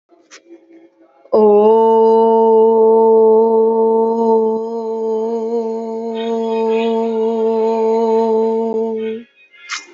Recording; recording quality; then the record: sustained vowel as in boot; excellent, no background noise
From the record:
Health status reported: respiratory illness, not identified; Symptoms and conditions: none ticked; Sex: female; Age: 26 years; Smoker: not ticked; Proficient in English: yes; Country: India